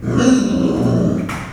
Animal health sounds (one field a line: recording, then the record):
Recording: squeal of a Yucatan mini pig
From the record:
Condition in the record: after surgery on the right vocal fold (resection and tissue-engineered implant)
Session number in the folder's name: 6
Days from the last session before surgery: 40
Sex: female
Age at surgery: 19 weeks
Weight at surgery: 25 kg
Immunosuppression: prednisolone